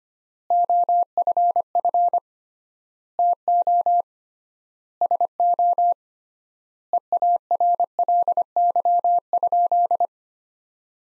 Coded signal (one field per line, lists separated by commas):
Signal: Morse code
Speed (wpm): 25 wpm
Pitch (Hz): 700 Hz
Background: none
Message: OFF TO SO EARLY?